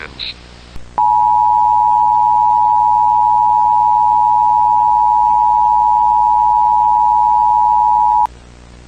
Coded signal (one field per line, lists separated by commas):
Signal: Emergency Alert System (SAME) tones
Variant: 853 and 960 Hz attention tone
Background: speech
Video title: EAS Scenario: The Entity That Doesn't Exist [FULL VERSION]